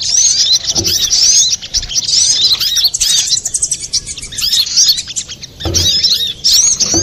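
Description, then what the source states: Little Spiderhunter: shrill chattering song of a little spiderhunter, fast strings of thin chirps in long runs, a short lull midway, then renewed bursts; faint low knocks. Master recording for training cage birds, labelled Labaik.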